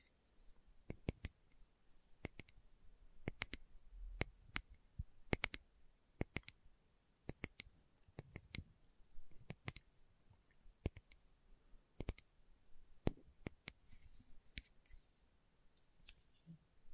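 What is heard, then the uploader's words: Slow tapping, a series of sharp, dry clicks spaced irregularly about once every second, some falling in quick pairs. Each tap is brief and crisp, reaching from low thuds into bright ticks. Between them lies near-silence with a faint low hum. ASMR Slow Tapping for Deep Sleep (No Talking).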